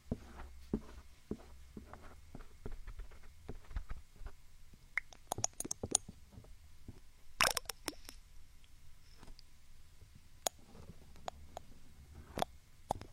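Ear picking and ear massage sounds: a steady run of small scratches, taps and crackles, irregular and fairly dense throughout. A low rumble sits underneath. Sharper, brighter clicks stand out near 5–6 seconds, a loud scrape around 7.5 seconds, and more pops around 10–12 seconds.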